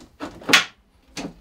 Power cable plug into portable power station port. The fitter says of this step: go until you hear it click just like that and we'll do the same on our f3800